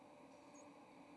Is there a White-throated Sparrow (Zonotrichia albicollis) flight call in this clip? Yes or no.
no